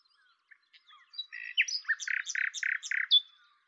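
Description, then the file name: Common nightingale singing a phrase of soft chirps that builds into loud, buzzy repeated notes, closing with a bright high note. "Luscinia megarhynchos"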